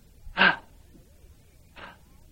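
A forceful, breathy exhale blown out deliberately in a short airy burst, demonstrating breathing on someone, followed about a second later by a second, softer puff of breath. No one speaks.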